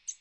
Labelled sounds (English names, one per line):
American Redstart flight call